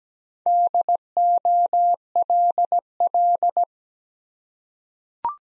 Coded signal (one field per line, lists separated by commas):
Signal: Morse code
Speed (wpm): 17 wpm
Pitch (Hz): 700 Hz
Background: none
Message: DOLL